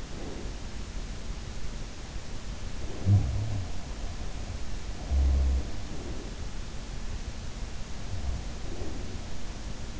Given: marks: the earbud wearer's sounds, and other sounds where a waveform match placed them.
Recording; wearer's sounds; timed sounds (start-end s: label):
sounds in sleep by an in-ear microphone; breath
0.00-1.06 s: breath
2.71-4.20 s: sound from someone else or the room
4.94-6.40 s: sound from someone else or the room
7.98-9.56 s: breath